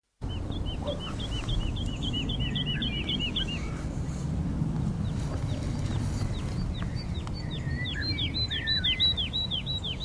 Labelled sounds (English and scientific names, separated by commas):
Wood Lark (Lullula arborea) flight song